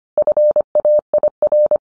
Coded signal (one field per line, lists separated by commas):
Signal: Morse code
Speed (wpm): 25 wpm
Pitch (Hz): 600 Hz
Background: none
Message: FAIR